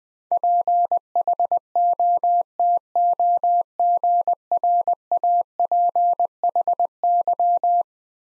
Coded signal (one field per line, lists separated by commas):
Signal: Morse code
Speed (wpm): 21 wpm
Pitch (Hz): 700 Hz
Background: none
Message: PHOTOGRAPHY